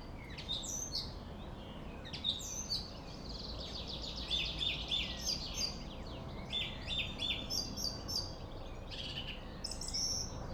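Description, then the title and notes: Song thrush delivering dense, rapid phrases of twittering and repeated whistled notes, with a constant low traffic drone in the background. Singing in a Berlin cemetery, with distant city traffic noise; Sony PCM D50. "Friedhof Columbiadamm, Berlin - Song thrush. Song thrush (Singdrossel) singing, distant city. traffic noise"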